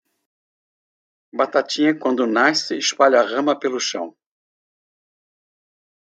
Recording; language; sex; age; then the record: short text; Brazilian Portuguese; male; 60 to 69 years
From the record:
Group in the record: control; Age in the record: 68 years